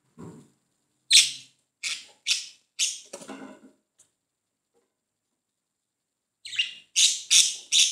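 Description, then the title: Budgerigar chirps: bright, high clicking chips in a short series, a long silence, then another quick burst of sharp chips. "Budgie Sounds"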